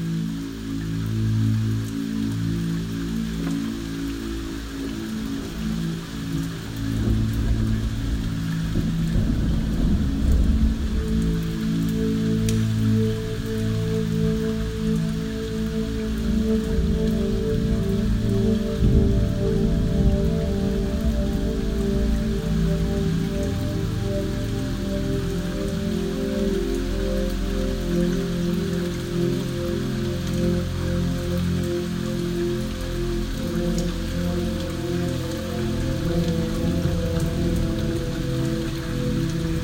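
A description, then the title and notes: A thunderstorm with a long, rolling low rumble that carries on for the whole clip, swelling slightly around the ten- and twenty-second marks. A soft, steady patter of rain runs underneath, with a few faint sharp ticks scattered throughout. Actual recording of a thunderstorm.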